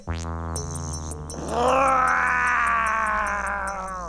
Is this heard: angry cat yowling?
yes